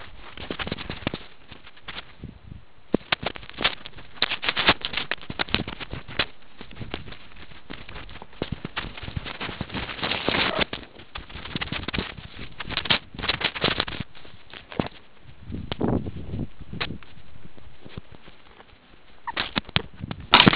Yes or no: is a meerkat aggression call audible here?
no